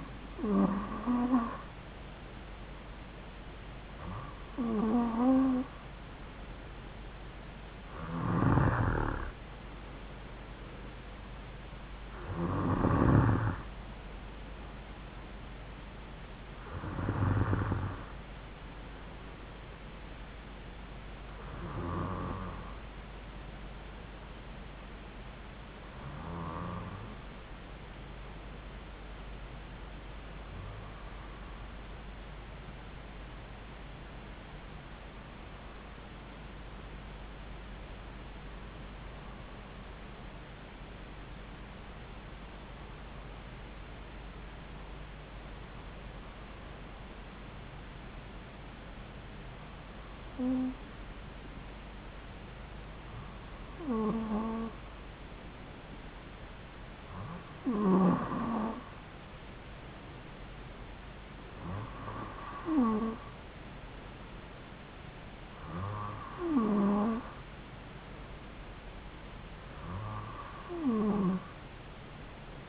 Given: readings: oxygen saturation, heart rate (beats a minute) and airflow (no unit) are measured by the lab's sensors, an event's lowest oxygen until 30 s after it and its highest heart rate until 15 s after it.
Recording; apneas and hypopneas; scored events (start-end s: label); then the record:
breathing in sleep by a voice recorder at the bedside; 1
35.00-58.80 s: hypopnea (N2, oxygen 96% highest, then 93% lowest)
From the record:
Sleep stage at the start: N2 (light sleep); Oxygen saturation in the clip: 93 to 96%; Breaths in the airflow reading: 18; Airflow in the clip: -4.4 to 5.0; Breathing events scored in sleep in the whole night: 270 in 6.1 hours asleep